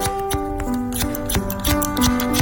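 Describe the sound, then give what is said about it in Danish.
A hairdresser's scissors snip through hair in a quick series of crisp, metallic cuts at an uneven rhythm, with steady sustained musical tones humming underneath. “Jeg klipper altid med saks.”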